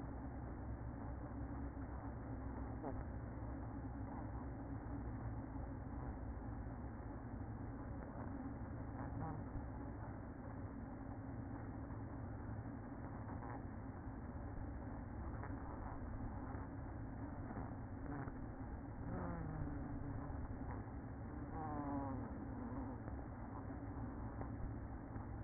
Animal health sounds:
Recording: honeybee colony, microphone inside the hive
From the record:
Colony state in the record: queen present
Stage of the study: after two queens were removed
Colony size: about 60,000 bees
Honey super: yes

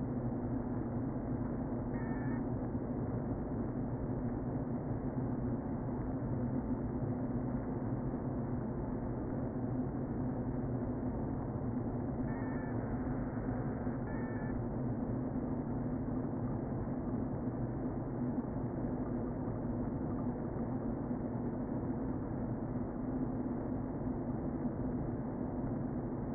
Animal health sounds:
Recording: honeybee colony, microphone inside the hive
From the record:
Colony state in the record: queen present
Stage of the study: before two queens were removed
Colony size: about 60,000 bees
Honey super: yes

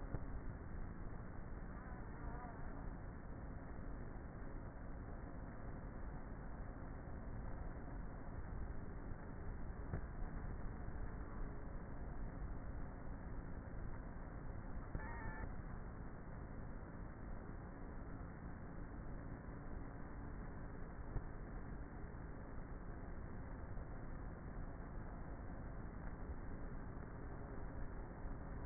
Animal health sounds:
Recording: honeybee colony, microphone inside the hive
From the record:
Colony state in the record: queenless with a low population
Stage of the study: before two queens were removed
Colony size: about 30,000 bees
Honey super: no

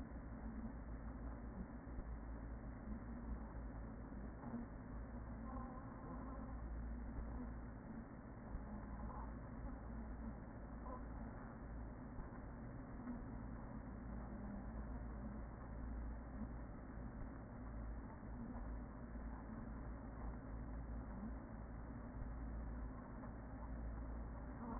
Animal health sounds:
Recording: honeybee colony, microphone inside the hive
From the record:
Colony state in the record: queen present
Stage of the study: after two queens were removed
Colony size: about 40,000 bees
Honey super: no

